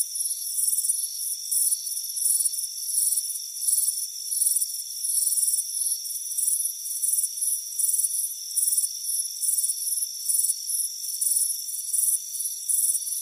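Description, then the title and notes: Cricket song of rapid high-pitched chirps repeating in quick succession, backed by unbroken insect droning. Crickets chirping on a warm afternoon on a front porch. "Soothing Crickets Chirping Sound. It's a warm afternoon as you relax in a hammock on the front porch. Relax and fall asleep to the soothing sound of chirping crickets. Deep Sleep Sounds"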